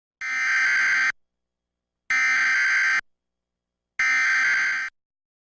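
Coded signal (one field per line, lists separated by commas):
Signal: Emergency Alert System (SAME) tones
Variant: header bursts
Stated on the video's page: Texas Required Monthly Test originated by WBAP and relayed on all Texas radio and TV stations.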